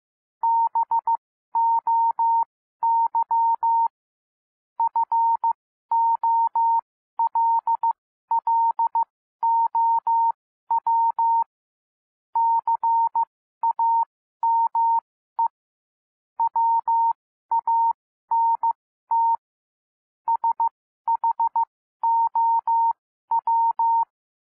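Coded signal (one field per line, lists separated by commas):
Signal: Morse code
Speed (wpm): 15 wpm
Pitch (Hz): 920 Hz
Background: none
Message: BOY FOLLOW CAME WANT SHOW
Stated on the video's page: Morse reading practice at 12-15 and 15-15 WPM, listened to while following text on screen.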